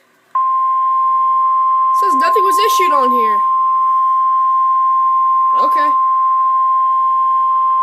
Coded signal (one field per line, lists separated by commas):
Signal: Emergency Alert System (SAME) tones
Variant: 1050 Hz attention tone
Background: speech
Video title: NOAA Radio EAS # 57 Severe Thunderstorm Warning From SC